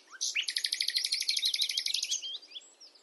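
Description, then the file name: Common nightingale song: a rising note leading into a rapid, rich phrase of many repeated buzzy notes, then a trailing series of softer twittering notes. "Luscinia megarhynchos"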